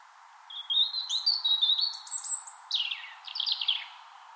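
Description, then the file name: European robin song: a liquid warbling phrase mixing thin high whistles with quick descending trills and tinkling notes, over steady low hiss. Song heard on spring mornings in Finland. "Punarinta lauri hallikainen"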